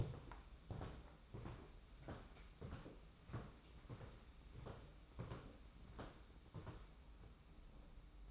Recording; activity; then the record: daily activity, microphone in the room; walk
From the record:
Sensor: 1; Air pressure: 991.7 hPa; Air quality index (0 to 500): 168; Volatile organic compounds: 1000 ppm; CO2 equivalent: 6333 ppm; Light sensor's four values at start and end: 27/85/33/34 and 30/102/40/40